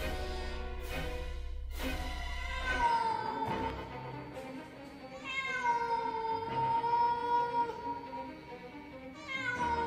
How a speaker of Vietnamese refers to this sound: Đang trong lúc tuyệt vọng thì tôi bất giác lại nghe tiếng mèo kêu.